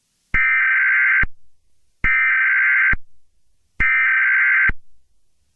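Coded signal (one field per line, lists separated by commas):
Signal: Emergency Alert System (SAME) tones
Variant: header bursts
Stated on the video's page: Fictional EAS scenario about a shooting, not a real alert.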